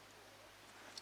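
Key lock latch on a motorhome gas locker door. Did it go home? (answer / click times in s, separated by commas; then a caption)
released / 1.0 s. A key is turned anti-clockwise in the gas locker door lock of a 2004 Swift Kon-Tiki 645 motorhome. Over a quiet, steady background, the latch releases with a single sharp click at 1.0 s, and the locker door springs open.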